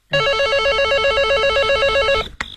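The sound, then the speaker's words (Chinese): A telephone rings late at night in the Criminal Police 803 duty office, with a rapid, warbling electronic trill, steady and loud for about two seconds before cutting off with a brief click. “正在这时，电话铃响了起来。”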